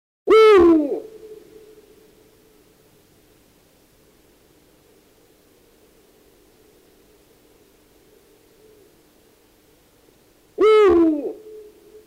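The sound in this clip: Eurasian eagle-owl calls: two short, harsh, downward-sliding hoots roughly ten seconds apart, with a quiet steady hum in between.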